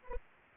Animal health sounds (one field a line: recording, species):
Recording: mosquito wingbeat signal from an infrared sensor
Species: Anopheles arabiensis